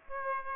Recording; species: mosquito wingbeat signal from an infrared sensor; Aedes aegypti